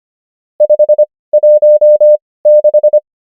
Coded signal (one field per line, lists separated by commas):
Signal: Morse code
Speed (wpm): 25 wpm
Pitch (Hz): 600 Hz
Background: none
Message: 516